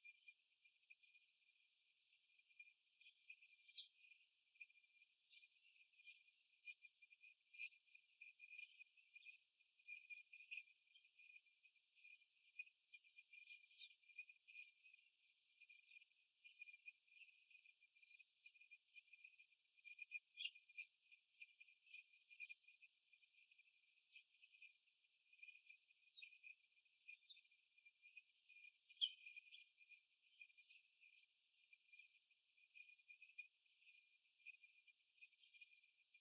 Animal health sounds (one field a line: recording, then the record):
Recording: young laying hens in a cage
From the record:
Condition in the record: after the stressor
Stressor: simulated dog barking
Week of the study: 1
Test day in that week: 1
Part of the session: 1